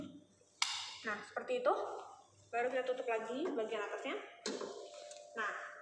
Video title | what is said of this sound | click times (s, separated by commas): Isolasi DNA Genom | Hai kalau udah Tebet Sampai bunyi klik nah | 0.6 s